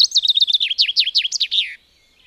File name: erdei pinty